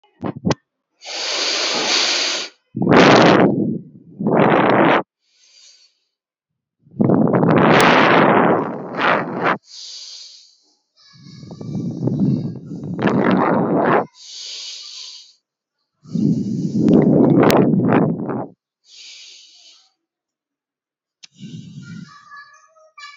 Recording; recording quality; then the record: deep breathing; excellent, no background noise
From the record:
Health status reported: healthy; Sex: male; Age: 28 years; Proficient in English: yes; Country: India